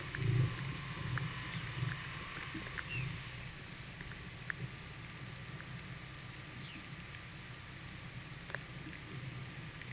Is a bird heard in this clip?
yes